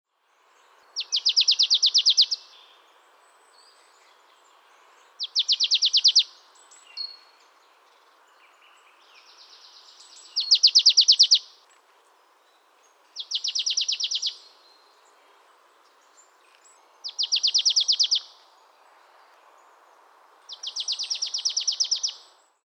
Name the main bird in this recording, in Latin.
Poecile palustris